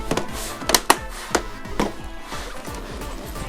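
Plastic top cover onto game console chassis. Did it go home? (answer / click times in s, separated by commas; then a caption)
yes / 0.9 s. A plastic top cover is refitted onto a white PS4 Pro game console chassis: hinged from the back, slid up, then pressed down until its clips snap in. Light clicks and taps at 0.2, 0.7, 0.8, 1.4 and 1.8 s sit over background music, with the loudest, sharpest snap at 0.9 s as the cover seats in place.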